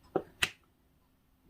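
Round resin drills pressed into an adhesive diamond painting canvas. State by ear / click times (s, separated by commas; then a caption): seated / 0.2 s, 0.4 s. Round resin diamond painting drills are pressed with a multi-placer tool into the glue of the canvas. They give two short clicks at 0.2 s and 0.4 s, the second brighter and louder, as they seat in place.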